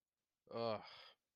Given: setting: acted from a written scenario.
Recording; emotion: vocal sound without words; anger